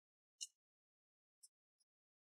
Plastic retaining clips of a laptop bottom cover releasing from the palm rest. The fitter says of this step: Those click sounds are what you want to hear.